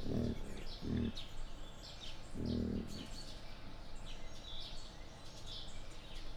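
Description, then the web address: Wild boar giving short, deep grunts in a few separate bursts, while small birds chirp faintly in the background. Captive wild boar, recorded at a zoo in Jászberény in 2015. "jaszberenyizoo. vaddiszno visitasis"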